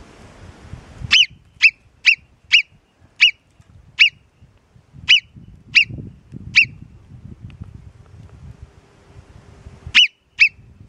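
Alpine marmot giving sharp, high piercing whistles, about nine in a quick irregular series, then a pause and three more, over a low rumbling background.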